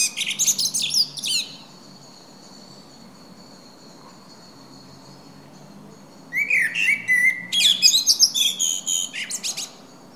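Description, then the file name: Common blackbird singing two phrases separated by a long pause, each with shrill, scratchy twittering, the second opening with a low warble; thin high repeated notes from another bird fill the pause. "Turdus merula"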